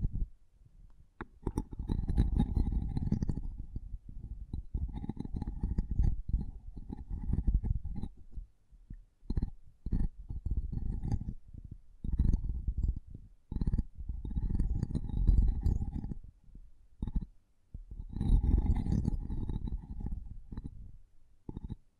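Mic tapping and scratching in dense, low, rumbling bursts that start and stop irregularly, some lasting a couple of seconds, others brief thumps. Scratchy, brighter crackle rides on top during the bursts, with short quiet gaps between them throughout.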